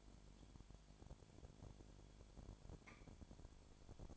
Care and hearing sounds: daily activity, microphone in the room; no activity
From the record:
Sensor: 5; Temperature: 20.2 degrees Celsius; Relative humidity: 36.5%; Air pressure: 1001.2 hPa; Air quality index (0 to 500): 177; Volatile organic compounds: 4 ppm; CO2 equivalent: 1614 ppm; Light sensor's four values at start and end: 2/3/1/1 and 2/3/1/1

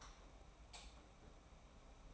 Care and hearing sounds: daily activity, microphone in the room; light off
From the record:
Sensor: 1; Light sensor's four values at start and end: 26/65/27/29 and 22/51/22/23

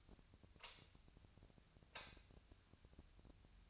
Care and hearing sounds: daily activity, microphone in the room; light on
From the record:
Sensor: 2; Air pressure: 1009.7 hPa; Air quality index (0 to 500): 181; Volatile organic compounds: 10 ppm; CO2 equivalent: 2263 ppm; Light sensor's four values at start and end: 28/68/29/32 and 33/85/36/38

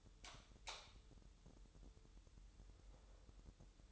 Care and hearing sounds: daily activity, microphone in the room; light on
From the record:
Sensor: 3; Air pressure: 988.3 hPa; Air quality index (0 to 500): 189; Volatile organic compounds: 244 ppm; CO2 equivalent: 4345 ppm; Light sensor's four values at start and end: 8/20/8/8 and 11/29/12/12

